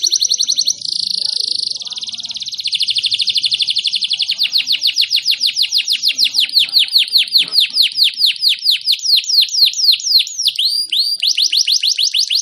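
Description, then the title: Canary singing continuously, with buzzy trills giving way to a long roll of swooping repeated notes. Canary whose song is described as gacor, ngotot and a long roll (roll panjang), meant to make other canaries answer right away (langsung nyaut). "LANGSUNG NYAUT GACOR DOR Kenari Manasaja, Dengan Kicau Kenari GACOR NGOTOT ROLL PANJANG"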